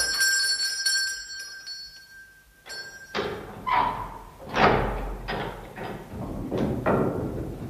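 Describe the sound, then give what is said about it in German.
A rusty bell pull beside the iron gate of a dilapidated villa rings with a sustained metallic tone, then fades into a series of irregular rattling clanks and thumps as the stiff old pull is yanked repeatedly. “Links neben dem Portal befand sich ein verrosteter Glockenzug, den ich ohne viel Hoffnung in Bewegung setzte.”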